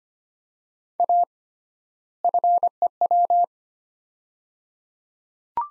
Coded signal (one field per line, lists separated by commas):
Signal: Morse code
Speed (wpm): 25 wpm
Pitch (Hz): 700 Hz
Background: none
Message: A FEW